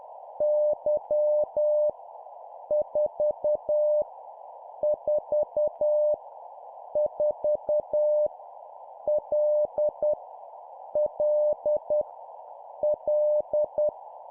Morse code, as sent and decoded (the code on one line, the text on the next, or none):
-.-- / ....- / ....- / ....- / .-.. / .-.. / .-..
Y 4 4 4 L L L